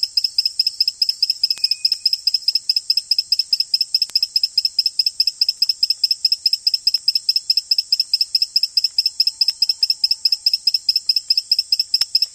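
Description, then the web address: Ecuadorian poison frog calling, a rapid steady train of many short high buzzy chirps, continuing throughout without pause. Recorded in the Ecuadorian Amazon. "Natures Songs. Frogs of Ecuadorian Amazon Epipedobates bilinguis"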